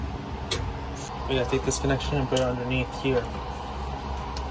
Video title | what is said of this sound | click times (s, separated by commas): 4 year old Builds Mining Rig Part 2 | it down here until keep on going to hear the click yeah | 0.5 s